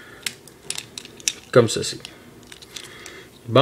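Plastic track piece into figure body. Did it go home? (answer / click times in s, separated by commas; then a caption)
yes / 0.7 s, 1.3 s. On the other side of a Transformers Perceptor figure, a plastic toy track piece is lowered, repositioned and clipped into the figure body, giving sharp plastic snaps at 0.7 s and 1.3 s amid lighter clicks. Someone talks as the piece is confirmed seated.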